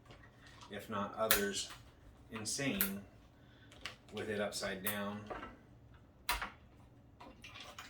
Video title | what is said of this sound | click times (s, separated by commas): Refurbished MSI B460M VDH WiFi Un-Boxing | that's the installation right there it's not easy four little clicks done and | 6.3 s, 7.2 s, 7.4 s, 7.8 s